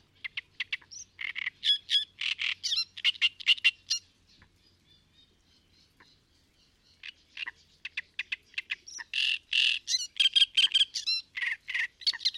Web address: chant didier collin rousserolle turdoide